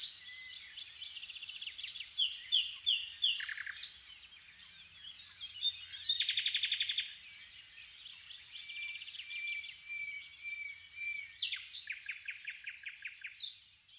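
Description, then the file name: Common nightingale song: varied chattering phrases, a loud buzzy pulsed rattle, then a rapid repeated series near the end. "Luscinia megarhynchos"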